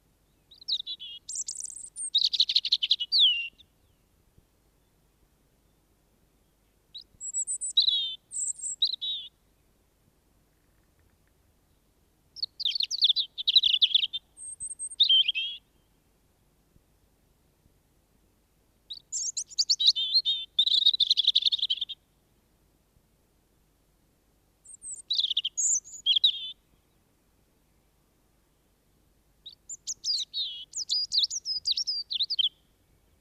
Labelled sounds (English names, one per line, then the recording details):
European Robin song
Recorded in the wild
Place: Garmisch-Partenkirchen, Bayern, DE
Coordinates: 47.5203, 11.0819
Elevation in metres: 846
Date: 1971-04-10
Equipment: Nagra IV, Sennheiser MKH 405, Parabolreflektor
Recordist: Tretzel, Erwin